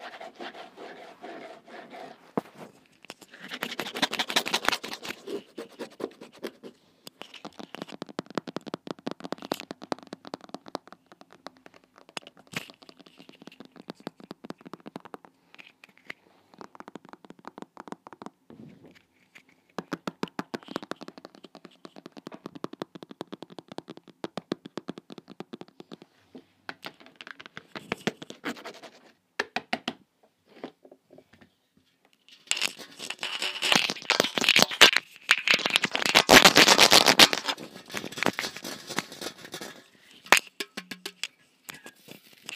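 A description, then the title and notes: Mic noises with long nails: dense bursts of scratching and tapping, with sticky squelches in between and a loud, bright rush near 35–38 seconds. Mic noises with long nails, Mike dipped in squelchy tore out slime and blu tack and other noise.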